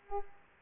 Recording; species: mosquito wingbeat signal from an infrared sensor; Culex pipiens